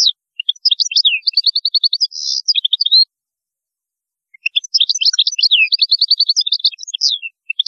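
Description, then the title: European goldfinch song: two long bursts of rapid tinkling, twittering notes with a short buzzy trill in the first, separated by a pause of over a second. "Chant Chardonneret"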